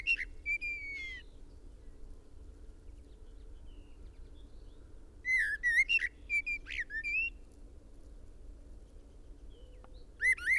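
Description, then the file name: Common blackbird sounding scattered groups of bright, twisting whistled notes, with long quiet stretches between bursts and a faint hum beneath. "Turdus merula"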